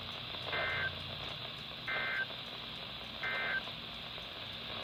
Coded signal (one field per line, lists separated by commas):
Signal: Emergency Alert System (SAME) tones